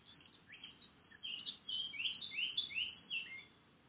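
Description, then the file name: Eurasian blackcap song: a run of five or six clear, rising fluty notes in quick succession over a steady background hiss. "Sylvia atricapilla"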